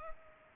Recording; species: mosquito wingbeat signal from an infrared sensor; Culex pipiens